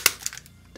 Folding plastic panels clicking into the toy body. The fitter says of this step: and these will click into place